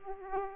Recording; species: mosquito wingbeat signal from an infrared sensor; Aedes aegypti